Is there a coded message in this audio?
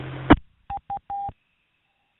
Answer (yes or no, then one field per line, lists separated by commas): no